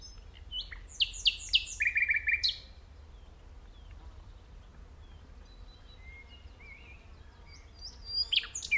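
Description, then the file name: Common nightingale song: a quick run of repeated sharp notes ending in a loud buzzy rattle, then quiet with faint notes, and a final short burst. "Luscinia megarhynchos"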